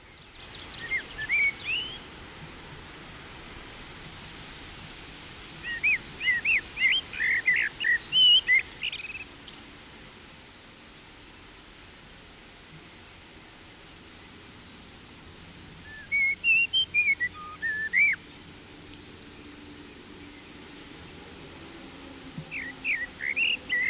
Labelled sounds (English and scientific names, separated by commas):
Common Blackbird (Turdus merula) song